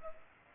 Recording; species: mosquito wingbeat signal from an infrared sensor; Culex pipiens